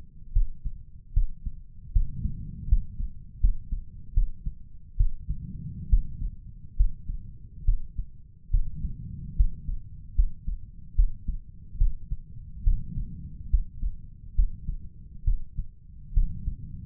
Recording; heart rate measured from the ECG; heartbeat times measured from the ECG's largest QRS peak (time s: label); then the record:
heart sounds by stethoscope; 72 bpm
0.32 s: heartbeat
1.13 s: heartbeat
1.92 s: heartbeat
2.68 s: heartbeat
3.40 s: heartbeat
4.13 s: heartbeat
4.97 s: heartbeat
5.89 s: heartbeat
6.76 s: heartbeat
7.65 s: heartbeat
8.50 s: heartbeat
9.36 s: heartbeat
10.15 s: heartbeat
10.95 s: heartbeat
11.78 s: heartbeat
12.63 s: heartbeat
13.50 s: heartbeat
14.35 s: heartbeat
15.24 s: heartbeat
16.13 s: heartbeat
From the record:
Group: healthy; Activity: rest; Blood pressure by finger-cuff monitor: 136/83 mmHg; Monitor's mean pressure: 102 mmHg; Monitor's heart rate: 71 bpm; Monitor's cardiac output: 5.7 L/min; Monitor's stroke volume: 79 mL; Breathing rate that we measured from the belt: 17 breaths a minute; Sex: male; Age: 35 years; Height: 178 cm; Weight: 64 kg